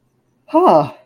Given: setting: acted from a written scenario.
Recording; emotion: vocal sound without words; positive surprise